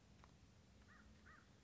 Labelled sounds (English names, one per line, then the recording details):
American Crow
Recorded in Sonoma County, California